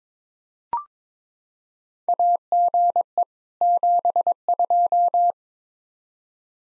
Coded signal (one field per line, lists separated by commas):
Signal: Morse code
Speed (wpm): 22 wpm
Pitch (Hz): 700 Hz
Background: none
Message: AGE 72